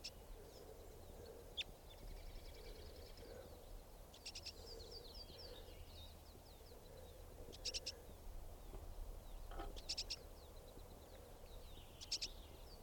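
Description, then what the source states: Siskin flight calls: faint, short, high clusters of notes every few seconds, over a low rumbling background. Flight calls of siskins hanging around the female.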